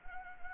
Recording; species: mosquito wingbeat signal from an infrared sensor; Anopheles arabiensis